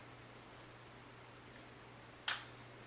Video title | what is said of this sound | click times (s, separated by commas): Nikon F and Nikkormat FT | and you hear click and the viewfinder gets released just | 2.3 s